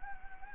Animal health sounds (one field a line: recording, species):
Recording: mosquito wingbeat signal from an infrared sensor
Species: Anopheles gambiae